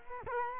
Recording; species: mosquito wingbeat signal from an infrared sensor; Culex quinquefasciatus